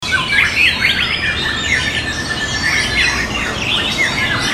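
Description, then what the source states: White-rumped shama giving quick sweeping whistles and short slurred notes in rapid succession, over background hiss. Wild bird; natural song recorded in forest.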